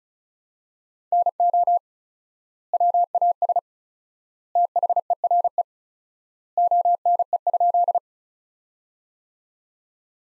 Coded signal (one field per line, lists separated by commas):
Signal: Morse code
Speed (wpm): 36 wpm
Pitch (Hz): 700 Hz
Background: none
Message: NO WAS THERE ONE?